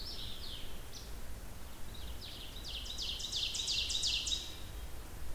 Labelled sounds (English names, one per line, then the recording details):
Ovenbird song
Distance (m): 55 m
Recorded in boreal forest in Alberta, Canada, on 16 June 2016 at 06:11
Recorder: SongMeter 3, array SBT-3-32
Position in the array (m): 115 m, 147 m
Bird 37